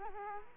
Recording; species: mosquito wingbeat signal from an infrared sensor; Culex quinquefasciatus